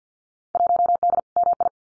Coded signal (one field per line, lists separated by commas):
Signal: Morse code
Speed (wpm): 50 wpm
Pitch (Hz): 700 Hz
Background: none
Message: 1D MI